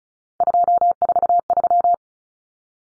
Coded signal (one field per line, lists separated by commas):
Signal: Morse code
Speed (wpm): 34 wpm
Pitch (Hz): 700 Hz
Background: none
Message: 243